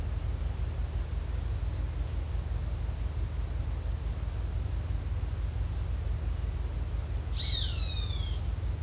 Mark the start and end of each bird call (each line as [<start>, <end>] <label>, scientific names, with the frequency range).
[7.34, 8.34] Rupornis magnirostris (0.9-7.0 kHz)